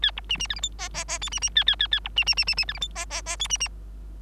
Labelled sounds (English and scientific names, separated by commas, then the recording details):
Bengalese Finch (Lonchura striata domestica) song
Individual Bird3